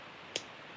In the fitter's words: snaps right in locks pretty cool